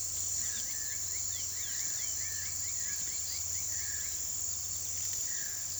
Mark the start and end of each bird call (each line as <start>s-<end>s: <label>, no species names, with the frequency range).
0.30s-4.17s: bird call (1.1-4.3 kHz)